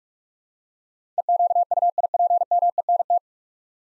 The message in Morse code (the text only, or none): EQUIPMENT